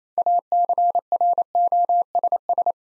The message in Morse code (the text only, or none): ACROSS